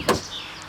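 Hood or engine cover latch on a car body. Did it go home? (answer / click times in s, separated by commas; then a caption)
yes / 0.1 s. On a new Corvette Grand Sport sports car, the engine cover (hood) is lowered and pressed down until its latch clicks shut at 0.1 s. A single sharp click sounds against faint background noise, and the cover is seated.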